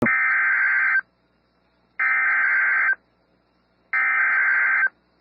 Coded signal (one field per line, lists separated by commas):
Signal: Emergency Alert System (SAME) tones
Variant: header bursts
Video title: Severe Thunderstorm Warning (Potter County, TX) (4/25/25) [EAS #150]